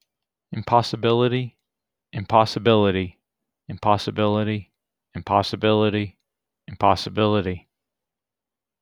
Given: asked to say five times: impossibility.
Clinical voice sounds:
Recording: repeated word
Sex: male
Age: 30 to 39 years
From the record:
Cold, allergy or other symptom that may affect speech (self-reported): no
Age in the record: 37 years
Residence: North Carolina, United States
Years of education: 16

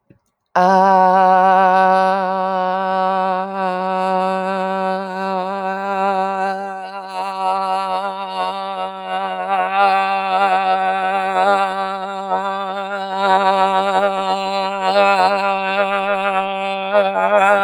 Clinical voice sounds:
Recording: vowel held as long as possible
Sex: female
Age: 40 to 49 years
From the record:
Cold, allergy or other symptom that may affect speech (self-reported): no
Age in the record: 46 years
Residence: California, United States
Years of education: 18

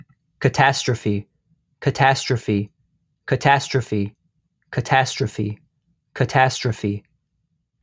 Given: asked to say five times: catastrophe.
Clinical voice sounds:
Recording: repeated word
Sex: male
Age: 18 to 19 years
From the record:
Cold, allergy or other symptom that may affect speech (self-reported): no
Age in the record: 19 years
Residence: Illinois, United States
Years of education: 13

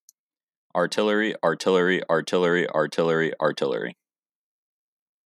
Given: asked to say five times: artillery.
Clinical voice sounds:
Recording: repeated word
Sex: male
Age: 20 to 29 years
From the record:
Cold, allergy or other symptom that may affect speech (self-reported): no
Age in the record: 22 years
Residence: Indiana, United States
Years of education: 14

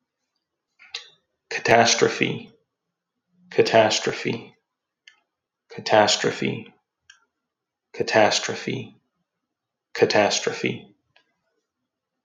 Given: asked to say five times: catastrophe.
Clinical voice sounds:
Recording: repeated word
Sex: male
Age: 30 to 39 years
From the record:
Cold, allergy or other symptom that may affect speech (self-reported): no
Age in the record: 32 years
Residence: Texas, United States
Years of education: 18

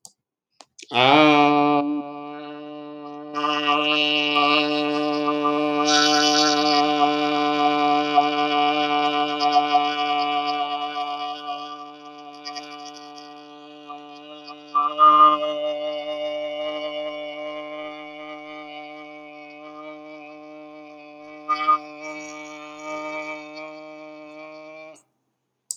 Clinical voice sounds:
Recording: vowel held as long as possible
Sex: male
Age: 40 to 49 years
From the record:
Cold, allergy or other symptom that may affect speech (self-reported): no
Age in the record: 44 years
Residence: Alabama, United States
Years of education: 18

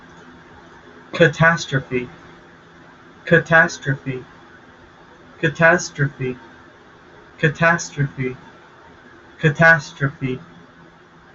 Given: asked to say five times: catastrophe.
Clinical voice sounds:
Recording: repeated word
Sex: male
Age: 20 to 29 years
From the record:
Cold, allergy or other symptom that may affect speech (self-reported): no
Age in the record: 21 years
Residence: Wyoming, United States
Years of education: 16

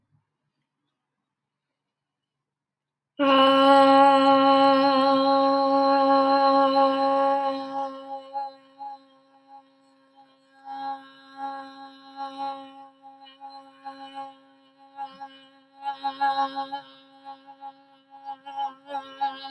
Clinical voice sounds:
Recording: vowel held as long as possible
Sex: female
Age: 20 to 29 years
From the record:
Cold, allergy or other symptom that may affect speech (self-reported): no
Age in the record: 24 years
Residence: Indiana, United States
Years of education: 18

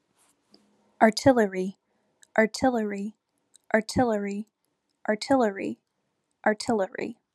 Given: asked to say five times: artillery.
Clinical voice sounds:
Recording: repeated word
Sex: female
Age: 20 to 29 years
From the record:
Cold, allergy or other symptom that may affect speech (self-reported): no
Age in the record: 28 years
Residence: Texas, United States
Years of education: 15

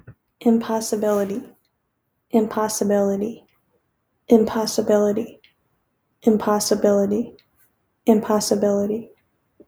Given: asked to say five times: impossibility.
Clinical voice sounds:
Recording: repeated word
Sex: female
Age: 20 to 29 years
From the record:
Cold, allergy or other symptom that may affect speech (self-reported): no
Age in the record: 21 years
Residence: Michigan, United States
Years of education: 15

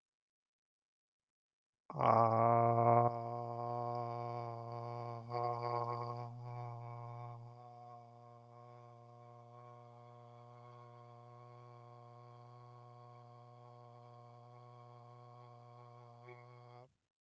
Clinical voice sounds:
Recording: vowel held as long as possible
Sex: male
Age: 30 to 39 years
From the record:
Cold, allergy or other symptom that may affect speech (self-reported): no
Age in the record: 39 years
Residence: New York, United States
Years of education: 14

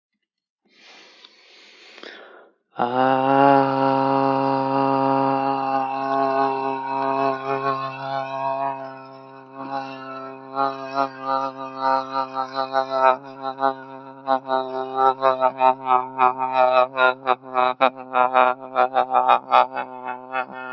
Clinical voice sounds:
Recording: vowel held as long as possible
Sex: male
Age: 20 to 29 years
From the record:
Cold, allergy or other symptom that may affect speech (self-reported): no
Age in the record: 29 years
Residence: Virginia, United States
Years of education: 18

